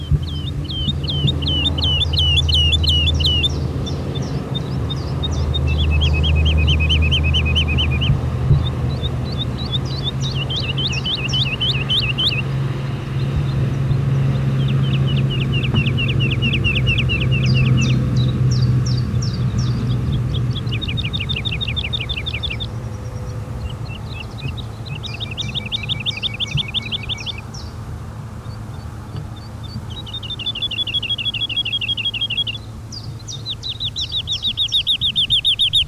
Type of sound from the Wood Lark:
song